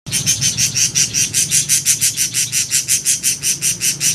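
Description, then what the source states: Oriental magpie-robin delivering quick repeated buzzy high chips at an even pace, with a low rumbling background hum. Champion-grade bird in full, lively song.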